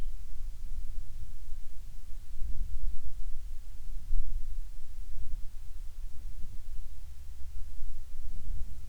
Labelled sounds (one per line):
songbird